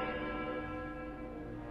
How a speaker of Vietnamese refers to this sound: Tiếng cái đồng hồ tây cổ vang lên trong góc nhà.